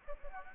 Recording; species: mosquito wingbeat signal from an infrared sensor; Anopheles gambiae